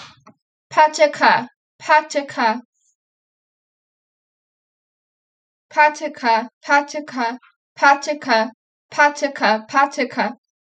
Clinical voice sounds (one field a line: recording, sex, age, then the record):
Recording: repeated syllables /pa ta ka/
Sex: female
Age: 30 to 39 years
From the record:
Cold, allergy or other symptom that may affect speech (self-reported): no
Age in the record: 30 years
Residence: Pennsylvania, United States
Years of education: 16